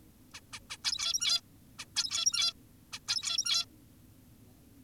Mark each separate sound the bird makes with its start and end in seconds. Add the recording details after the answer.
0.34-0.40, 0.53-0.60, 0.70-0.77, 0.84-1.41, 1.79-1.86, 1.96-2.53, 2.93-2.99, 3.08-3.66. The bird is an adult. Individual g17y2U